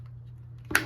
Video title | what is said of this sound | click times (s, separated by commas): Easy upgrade installing new blinds | Once it snaps in place, you can actually see that little J is locked up under this piece. | 0.8 s